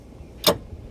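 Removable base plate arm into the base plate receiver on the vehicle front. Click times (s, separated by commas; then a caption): 0.5 s. A removable steel tow-bar arm from a Roadmaster crossbar-style base plate kit is slid into the base plate receiver on the front of a 2019 Jeep Grand Cherokee and rotated about a quarter turn. A single sharp, bright click sounds at 0.5 s against quiet background noise as the arm locks into place in the base plate.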